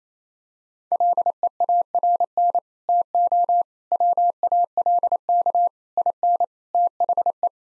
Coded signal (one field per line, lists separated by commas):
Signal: Morse code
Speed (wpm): 28 wpm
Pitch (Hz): 700 Hz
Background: none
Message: LEARN TO WALK IN THE